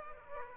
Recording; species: mosquito wingbeat signal from an infrared sensor; Aedes aegypti